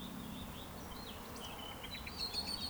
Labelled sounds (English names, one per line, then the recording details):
Eurasian Woodcock whistle
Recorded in Baden-Württemberg, Germany, on 13 June 2020 at 19:31 UTC
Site 14569, 102 m above sea level